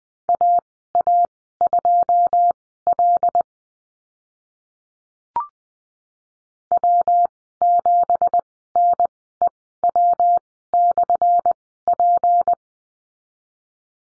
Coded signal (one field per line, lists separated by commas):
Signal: Morse code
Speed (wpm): 20 wpm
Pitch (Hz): 700 Hz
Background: none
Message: AA2L W7NEW/P